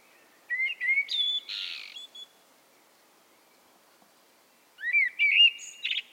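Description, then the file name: Common blackbird song: two phrases of low fluted whistles, each ending in a high squeaky twitter, separated by about two and a half seconds of quiet. "Turdus merula"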